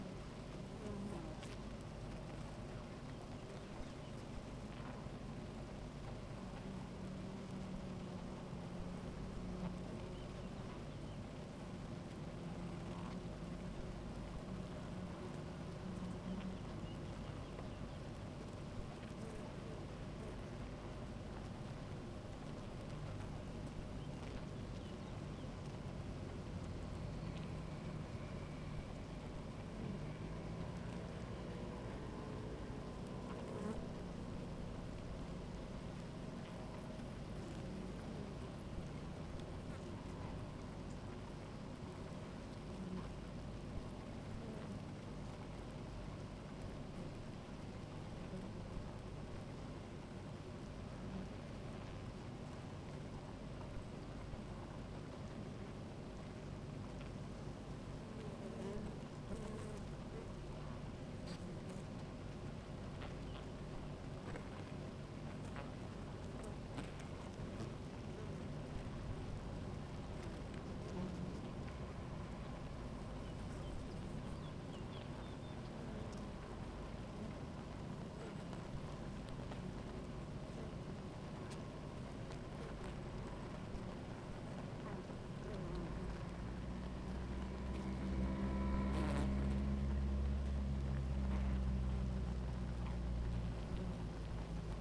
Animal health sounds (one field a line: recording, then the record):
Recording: honeybee colony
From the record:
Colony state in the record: active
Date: 28 July 2017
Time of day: 16:40